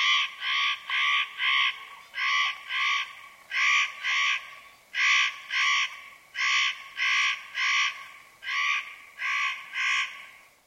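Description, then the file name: Spotted nutcracker repeating harsh, grating rasps, many calls with short gaps between. "Notkraka"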